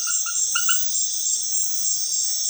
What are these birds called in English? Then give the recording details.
none. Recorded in dense forest near Puerto Asís, Putumayo, Colombia, on 20 February 2024 at 22:00. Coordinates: 0.505, -76.324. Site G6467